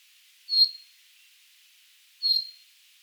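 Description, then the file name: Common chaffinch calling: two short, sharp high notes spaced nearly two seconds apart. "Fringilla coelebs"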